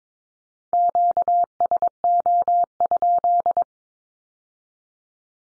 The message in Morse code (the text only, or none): QSO?